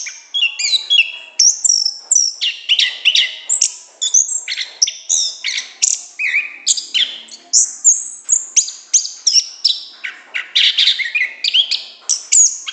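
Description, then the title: Orange-headed thrush delivers a long, lively song of varied whistles, trills and chirps in fast, tightly packed phrases. Continuous, loud, open song, called gacor ngeplong in Indonesian bird-keeping terms. "Anis Kembang Gacor Ngeplong Istimewa Suara Burung"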